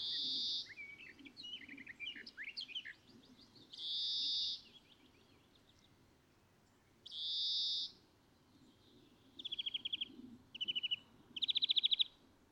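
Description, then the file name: European greenfinch singing, with harsh drawn-out wheezes separated by scattered twitters, then short bursts of quick trilled notes toward the end. "Chloris chloris"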